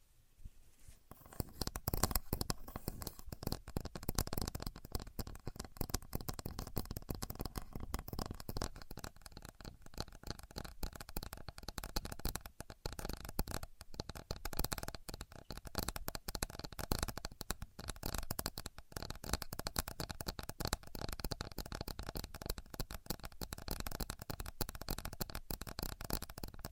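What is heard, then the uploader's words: A contour gauge is worked continuously, its many thin pins producing a dense, rapid clicking and rattling that fills the whole clip after a quiet first second. The chatter stays steady and crisp throughout, with brief dips and short pauses around the middle and later. Using A Contour Gauge (No Talking).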